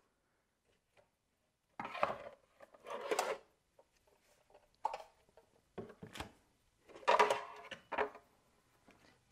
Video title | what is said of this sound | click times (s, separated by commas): Kobalt 24v Stick Vacuum | we can take our attachments and they click into place conveniently right here and | 1.8 s, 4.9 s, 7.9 s